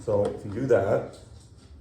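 Someone talks while handling an O-Cedar QuickWring plastic wringer insert, pressing it toward the mop bucket so its small tabs can snap around the bucket rim. The insert has not snapped or seated on the rim yet.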